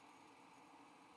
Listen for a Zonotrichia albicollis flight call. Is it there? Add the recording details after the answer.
no. No flight call is heard. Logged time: 05:43 on 5 December 2014